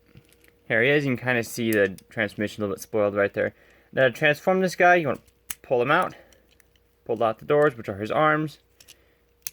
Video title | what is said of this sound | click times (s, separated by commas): gobots wendeys figure,pow wow | his head does snap into place and there you have pow wow and he is a renegade | 9.5 s